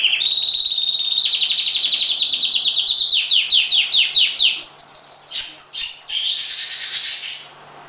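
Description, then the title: Oriental magpie-robin song: long rapid trills of repeated notes that step upward in pitch, ending in a harsh rushing burst. "Kicau Kacer Durasi Panjang 1jam Lebih"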